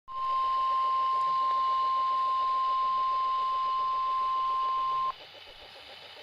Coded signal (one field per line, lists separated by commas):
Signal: Emergency Alert System (SAME) tones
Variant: 1050 Hz attention tone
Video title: Real EAS Alert #14 (1/17/16)